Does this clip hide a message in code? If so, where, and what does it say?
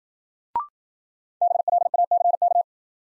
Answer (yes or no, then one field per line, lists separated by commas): yes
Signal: Morse code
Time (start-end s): 1.4-2.6 s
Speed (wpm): 53 wpm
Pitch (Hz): 700 Hz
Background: none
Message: BLACK